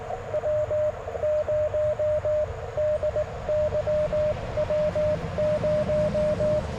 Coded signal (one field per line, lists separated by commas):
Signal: Morse code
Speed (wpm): 21 wpm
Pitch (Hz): 590 Hz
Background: radio noise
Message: W0DY W0